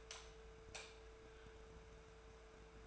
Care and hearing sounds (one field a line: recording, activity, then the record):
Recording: daily activity, microphone in the room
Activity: light off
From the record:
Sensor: 2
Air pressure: 1014.4 hPa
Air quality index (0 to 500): 176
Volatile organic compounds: 12 ppm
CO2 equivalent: 2324 ppm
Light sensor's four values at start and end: 17/47/19/20 and 12/30/12/13